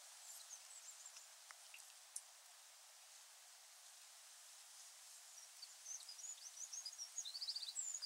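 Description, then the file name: Eurasian wren song: after quiet hiss, a high, rapid twittering trill builds up and grows louder toward the end. "Troglodytes troglodytes"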